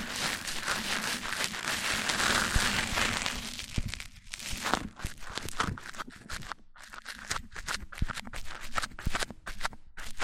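Mic-on-mic ASMR triggers: for the first four seconds a dense, bright scratching and rubbing rolls on almost without a break. After a brief hush, it turns patchier, with quick taps, clicks and soft rustles separated by short pauses, including one clear gap near seven seconds.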